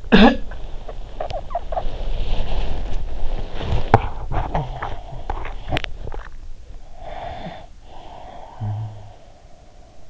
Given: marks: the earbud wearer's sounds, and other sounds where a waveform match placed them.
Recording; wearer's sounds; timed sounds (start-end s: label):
sounds in sleep by an in-ear microphone; cough or throat clearing or sniffle, body movement, talking in sleep, teeth grinding, snoring breath
0.00-0.42 s: cough or throat clearing or sniffle
0.00-6.82 s: body movement
4.30-5.51 s: talking in sleep
4.57-6.27 s: teeth grinding
6.98-10.10 s: snoring breath